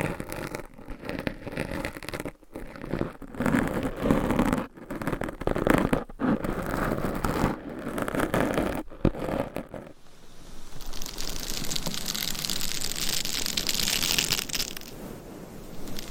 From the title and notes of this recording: ASMR Scratching & Tapping for People Who Get Bored Easily(No Talking).